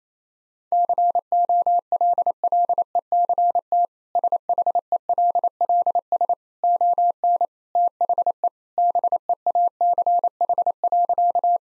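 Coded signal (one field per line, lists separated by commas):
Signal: Morse code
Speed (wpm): 28 wpm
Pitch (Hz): 700 Hz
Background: none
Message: COLLECT SHELLS ON THE BEACH.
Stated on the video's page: Morse practice at 28 wpm: easy sentences with contextual hints.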